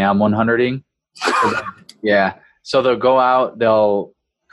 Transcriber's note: chuckle